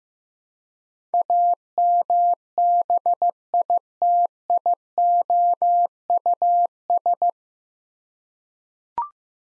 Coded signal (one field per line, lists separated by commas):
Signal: Morse code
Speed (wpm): 15 wpm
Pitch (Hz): 700 Hz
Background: none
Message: AMBITIOUS